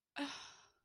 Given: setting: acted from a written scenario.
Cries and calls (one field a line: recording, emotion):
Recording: vocal sound without words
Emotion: guilt